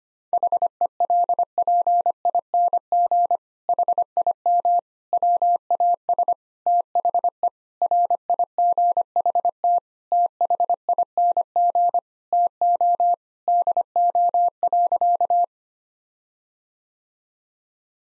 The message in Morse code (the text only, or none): HELPING HIM WAS THE RIGHT THING TO DO.